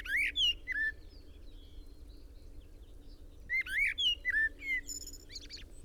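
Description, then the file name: Common blackbird producing two rapid runs of shrill rising and falling chirps, the second run longer, over low background noise. "Turdus merula"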